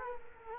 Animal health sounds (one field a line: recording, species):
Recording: mosquito wingbeat signal from an infrared sensor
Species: Culex quinquefasciatus